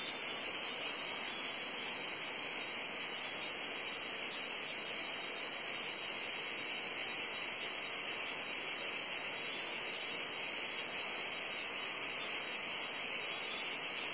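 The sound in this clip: Cicada drone, a steady high buzz throughout.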